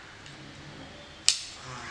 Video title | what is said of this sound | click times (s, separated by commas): DJI Ronin‑SC Full Review 🎥 - Still Worth It in 2025? Compact Gimbal Tested | நீங்க மாட்டுனா ஆட்டோமேட்டிக்கா lock ஆயிரும். | 1.3 s